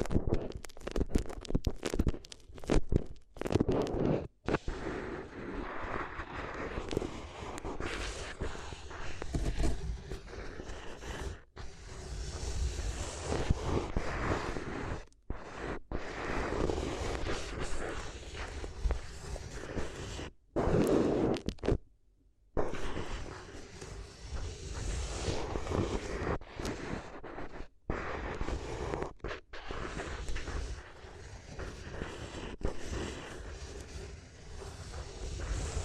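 Paper rustles and crinkles in a dense, continuous crackle with low rubbing thumps, broken by brief silences, the longest around 21 to 22 seconds.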